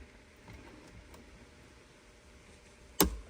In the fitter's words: there you heard the click it's back in the way it's supposed to be